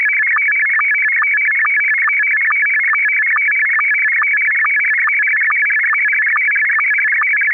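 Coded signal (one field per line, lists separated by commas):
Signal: SSTV (slow-scan television)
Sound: loud warbling, chirping tone with a steady rhythmic blip about twice per second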